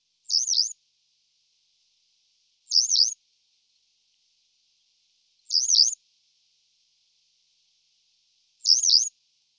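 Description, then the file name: Western yellow wagtail calls: four high buzzy, wavering notes spaced about three seconds apart against silence. "cutrettola"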